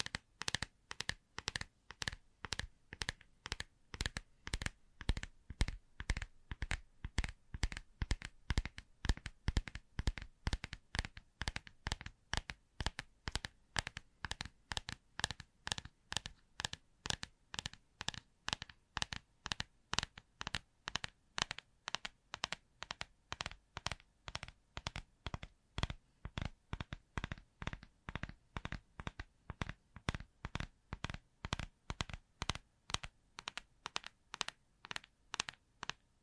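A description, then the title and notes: Sharp, bright tapping continues steadily for the whole stretch, about three taps per second. For the first ten seconds the taps come in a denser, less even cluster; after that they settle into a more regular rhythm, slightly softer. Near silence separates each tap. Une session ASMR basée sur le Tapping.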